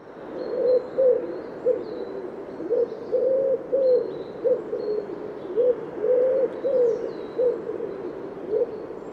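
A bird coos in a steady series of low, soft hooting notes grouped in short phrases, with faint high chirps behind.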